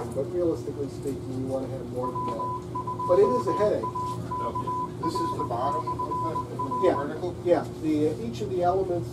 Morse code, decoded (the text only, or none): W2AKR/R